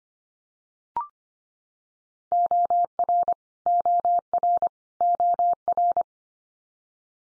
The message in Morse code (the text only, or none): OR OR OR